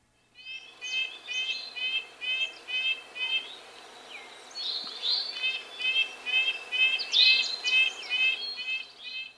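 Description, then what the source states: Red-breasted Nuthatch calls: a fast series of short nasal notes, repeated about twice per second. A common sound in the area; the species is a relative newcomer there and is really a temperate breeder.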